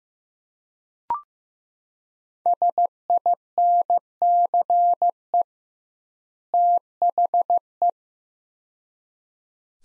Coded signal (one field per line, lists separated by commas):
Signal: Morse code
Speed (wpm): 15 wpm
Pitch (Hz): 700 Hz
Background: none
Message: SINCE THE